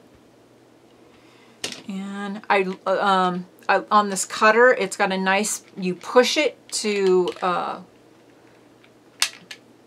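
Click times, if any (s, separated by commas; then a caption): 9.2 s. A woman talks, then pushes the plastic sliding blade guard on a rotary fabric cutter to open it. The guard gives a sharp click at 9.2 s as it snaps into the open position, followed by a fainter tick just after.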